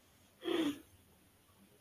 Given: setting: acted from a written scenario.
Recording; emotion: vocal sound without words; romantic love